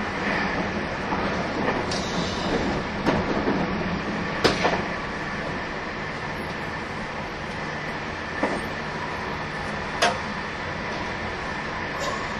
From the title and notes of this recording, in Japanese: 225系 700 新快速23号 01/01:野洲～姫路。有料座席＂Aシート＂専用車両として新造された車両が225系-700です。その車両のロングラン運転となる＂新快速23号＂の列車走行音(静止画)です。収録年月:2023,12。